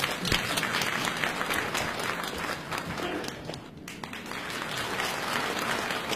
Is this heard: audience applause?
yes